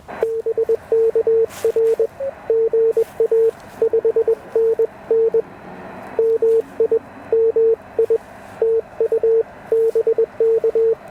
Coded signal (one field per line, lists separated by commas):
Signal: Morse code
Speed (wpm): 21 wpm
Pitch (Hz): 450 Hz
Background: none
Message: BKR GA 5NN MI MI TU BK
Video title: 28° of Activation: Radio-Active Therapy with the Elecraft KX1!